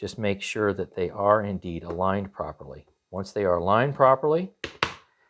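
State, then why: Seated. A cleaning pad is lined up by its notches on a SATUO Pro robot window cleaner and pushed on while someone talks. A sharp snap is heard at 4.8 seconds as the pad seats onto the robot.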